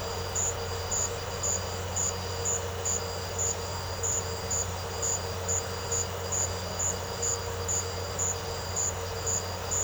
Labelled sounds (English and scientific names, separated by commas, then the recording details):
none
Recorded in secondary vegetation near Puerto Asís, Putumayo, Colombia, on 4 March 2025 at 16:30
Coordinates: 0.468, -76.324
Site G059